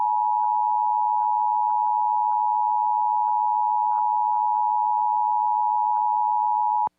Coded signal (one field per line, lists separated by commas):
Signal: Emergency Alert System (SAME) tones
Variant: 853 and 960 Hz attention tone